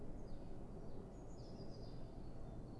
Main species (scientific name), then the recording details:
Cyanistes caeruleus. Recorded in Germany. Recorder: ecoPi